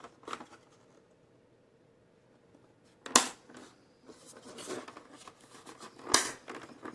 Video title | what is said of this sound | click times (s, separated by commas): How To Replace LCD SCREEN Of Mercedes Benz C240/C Class LCD SCREEN | you hear those snaps | 3.2 s, 6.1 s